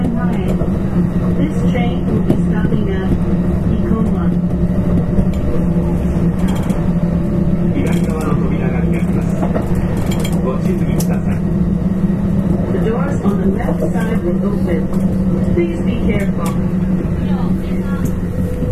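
Recorded aboard a Nara Line express train, a steady low rumble runs throughout with a constant hum. Voices murmur intermittently, and brief clicks and rattles appear now and then, especially around the middle and near the end.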